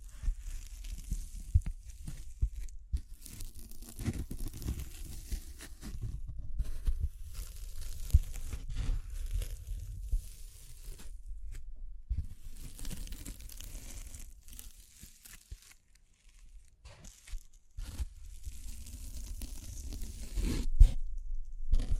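Tapping, scratching, brushing and crinkling sounds come in irregular bursts of dense, rustling texture, heaviest in the low end with a hissy top. Busy stretches run around 3–11 and 12–15 seconds, with quieter gaps near 12, 16 and 18 seconds and a sharp tap near 21 seconds.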